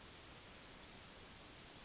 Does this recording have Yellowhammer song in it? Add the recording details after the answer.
yes. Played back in grassland. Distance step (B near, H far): C. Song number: 017